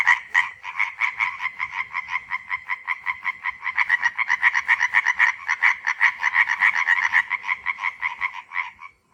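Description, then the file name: European tree frog giving fast, rattling croaks in a steady series, about two to three per second, growing louder through the middle before trailing off. "Hyla arborea Laubfrosch Rufe"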